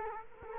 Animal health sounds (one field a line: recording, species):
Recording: mosquito wingbeat signal from an infrared sensor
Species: Culex quinquefasciatus